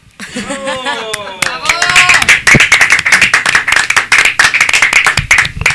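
A held, wavering sung note trails off as a burst of clapping breaks out, settling into steady, lively applause from a small group that continues strongly to the end.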